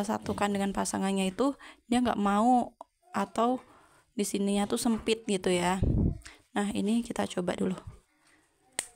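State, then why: Seated. A woman talks through most of the clip while testing a metal snap button (kancing cetit) fitted to fabric by pressing the stud into its socket. At 8.8 s a single sharp click is heard, showing that the snap fastener has seated properly.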